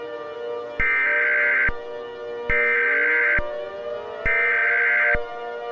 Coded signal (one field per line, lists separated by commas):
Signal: Emergency Alert System (SAME) tones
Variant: header bursts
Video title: [OLD] EAS Scenario #1: Here Come The Undead!